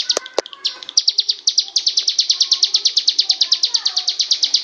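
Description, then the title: Oriental Magpie-robin: a few sharp, scattered high notes, then a fast, even train of high chipping notes, steady to the end. "Kicau Kacer"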